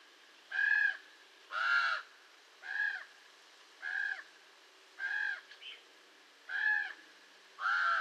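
Raven giving seven loud, rasping croaks at a fairly steady pace of roughly one per second.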